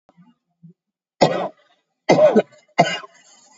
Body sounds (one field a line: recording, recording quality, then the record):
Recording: heavy voluntary cough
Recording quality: excellent, no background noise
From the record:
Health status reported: COVID-19 positive, moderate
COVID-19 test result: positive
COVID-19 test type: RT-PCR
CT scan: taken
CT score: 6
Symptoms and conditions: cough, cold, fever, fatigue, diarrhoea, diabetes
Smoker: no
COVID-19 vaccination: none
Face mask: worn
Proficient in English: yes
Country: India